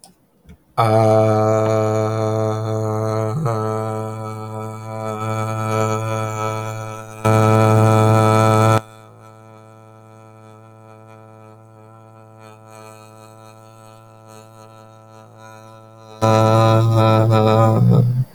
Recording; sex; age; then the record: vowel held as long as possible; male; 20 to 29 years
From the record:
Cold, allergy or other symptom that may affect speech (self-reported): no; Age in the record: 27 years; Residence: Florida, United States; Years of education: 14